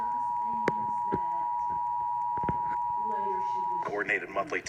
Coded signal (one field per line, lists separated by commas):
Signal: Emergency Alert System (SAME) tones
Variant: 853 and 960 Hz attention tone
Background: speech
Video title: Required Monthly Test EAS #22